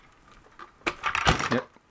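A metal locking pin is pushed through the aligned rigging holes of a line-array speaker cabinet on a ProReck PR-212T concert set, and it seats with a sharp metallic click at 0.9 s. A series of bright metallic clinks and rattles follows up to about 1.6 s, with the loudest impacts near 1.2 and 1.5 s, before the sound fades back to quiet.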